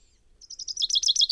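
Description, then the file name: Common chaffinch song fragment: a quick run of bright, repeated chirping notes that grows louder, cut off abruptly at the end. "Fringilla coelebs"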